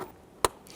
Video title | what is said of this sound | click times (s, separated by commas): How to Replace Valve Cover Gasket Kit 1999-2004 Jeep Grand Cherokee (4.7L V8) | going to feel it hear that snap into place | 0.4 s